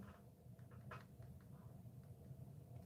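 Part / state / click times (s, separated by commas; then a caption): small helmet piece into a 1/6 scale action figure helmet / partly seated / 0.9 s. A small helmet piece that popped off while pulling on the wrist is tapped back into the helmet of a 1/6 scale Ant-Man (Paul Rudd) MMS 497 collectible figure from Ant-Man and The Wasp. Over a steady low hum, it gives a faint click at 0.9 s with a few lighter taps around it. The piece goes in but snaps in weakly and the fit stays loose.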